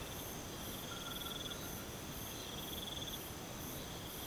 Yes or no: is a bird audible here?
no